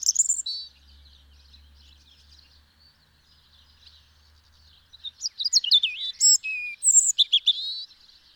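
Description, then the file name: European robin singing: a brief high note, a long faint stretch with low rumble, then a lively phrase of sliding whistles and sharp trills. "Erithacus rubecula"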